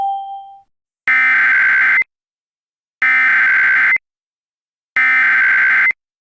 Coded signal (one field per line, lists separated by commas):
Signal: Emergency Alert System (SAME) tones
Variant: header bursts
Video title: EAS Scenario Sins: REVIVED - EPISODE 1: RISING HEAT